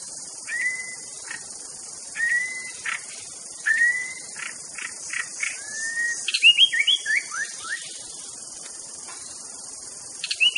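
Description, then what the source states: White-rumped shama song opening with repeated clear level whistles, then a quick cascade of falling whistled notes, over persistent insect hiss. Wild bird in forest; original natural song.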